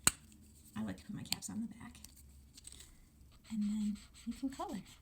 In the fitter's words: make sure that you put the cap back on and you put it on tight until you hear the click then you know it goes up to the click so it doesn't get sick